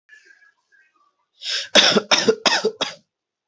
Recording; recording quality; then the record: shallow voluntary cough; excellent, no background noise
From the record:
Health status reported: healthy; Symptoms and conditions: none ticked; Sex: male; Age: 23 years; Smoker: not ticked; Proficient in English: yes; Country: India